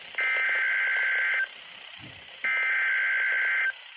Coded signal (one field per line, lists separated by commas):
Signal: Emergency Alert System (SAME) tones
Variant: header bursts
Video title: Severe Thunderstorm Warning (Considerable) (EAS #57)